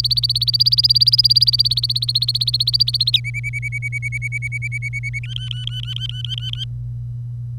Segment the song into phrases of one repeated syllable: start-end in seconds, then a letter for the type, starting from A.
0.00-3.20 A, 3.24-5.19 B, 5.23-6.64 C